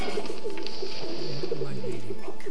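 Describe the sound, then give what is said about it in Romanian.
Tumbler and pouter pigeons nesting under the eaves coo softly in an attic, a steady run of low, throaty, rolling calls repeating in a gentle rhythm, with a faint background hiss. “dar cum văd, aveți și porumbei.”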